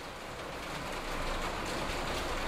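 rain falling

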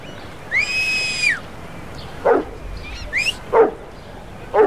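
dog barking

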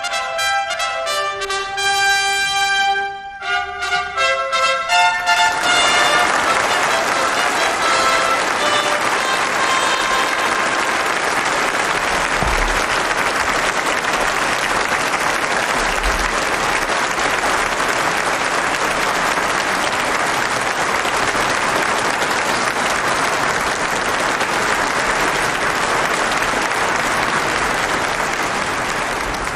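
applause

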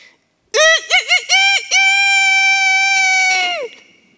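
rooster crowing

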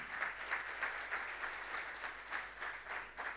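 audience applause

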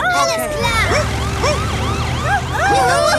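police car siren

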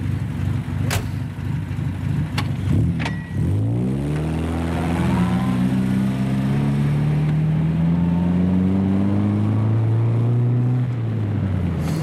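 car driving and accelerating

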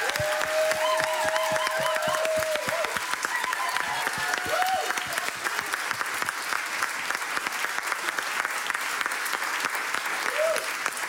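audience applause

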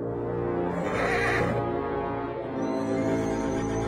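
horse neighing

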